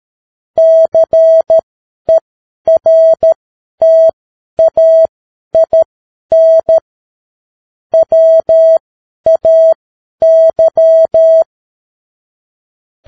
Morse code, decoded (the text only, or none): CERTAIN WAY